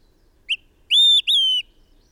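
Bird song: a quick chip, then a pair of drawn-out bright whistles, the second easing slightly down in pitch.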